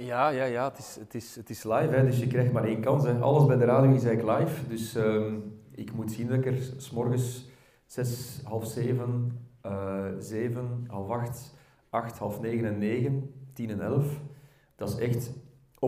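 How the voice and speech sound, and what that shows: A man, a radio news reader at Studio Brussel who stutters, speaks Dutch during a talk at a weekend for people who stutter. He repeats words ('ja, ja, ja', 'het is, het is') and draws out sounds, with hesitations and pauses, typical of stuttering.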